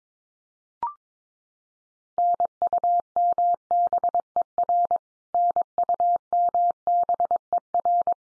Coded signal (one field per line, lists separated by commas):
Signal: Morse code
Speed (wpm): 22 wpm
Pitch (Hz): 700 Hz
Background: none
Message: NUMBER NUMBER